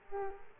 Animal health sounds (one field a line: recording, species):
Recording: mosquito wingbeat signal from an infrared sensor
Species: Aedes aegypti